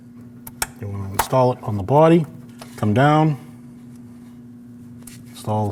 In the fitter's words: plug it in. Listen for that click.